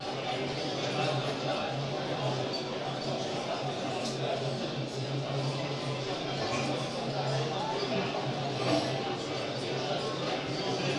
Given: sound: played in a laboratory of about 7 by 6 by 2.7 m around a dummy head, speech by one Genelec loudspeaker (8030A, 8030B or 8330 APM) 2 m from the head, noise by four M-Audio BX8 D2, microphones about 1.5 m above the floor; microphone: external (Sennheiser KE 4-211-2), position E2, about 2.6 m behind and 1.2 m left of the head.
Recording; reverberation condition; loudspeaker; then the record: cafeteria noise; medium; four, about 170 cm from the corners of the room and facing them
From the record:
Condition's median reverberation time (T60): about 510 ms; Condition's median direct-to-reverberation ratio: about -0.5 dB